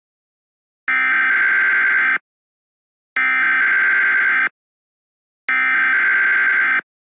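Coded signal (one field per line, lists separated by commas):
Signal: Emergency Alert System (SAME) tones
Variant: header bursts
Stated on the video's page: Fictional EAS scenario, not a real alert.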